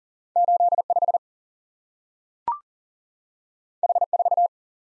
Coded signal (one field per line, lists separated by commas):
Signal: Morse code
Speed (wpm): 39 wpm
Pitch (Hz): 700 Hz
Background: none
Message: 85 H4